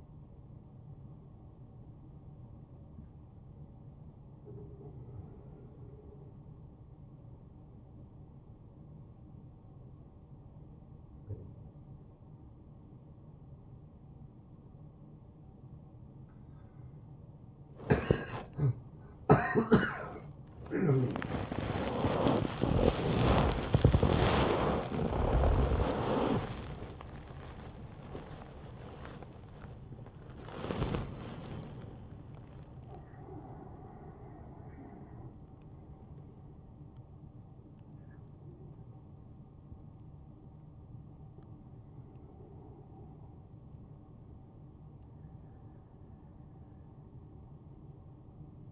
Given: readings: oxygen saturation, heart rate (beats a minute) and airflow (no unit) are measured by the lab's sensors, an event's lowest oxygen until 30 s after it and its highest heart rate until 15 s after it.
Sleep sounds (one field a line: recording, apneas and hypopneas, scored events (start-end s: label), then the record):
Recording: a person awake in a sleep study, by a smartphone at the bedside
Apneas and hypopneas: 1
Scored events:
9.00-26.80 s: hypopnea (N1, oxygen 94% highest, then 93% lowest, heart rate 74 at the start, 90 highest)
11.00-48.72 s: new sleep stage, awake
17.00-48.72 s: awake
From the record:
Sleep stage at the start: N1 (lightest sleep)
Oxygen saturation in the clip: 93 to 95%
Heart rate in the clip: 57 to 90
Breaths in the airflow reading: 8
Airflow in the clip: -6.2 to 7.5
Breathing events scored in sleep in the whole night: 263 in 5.5 hours asleep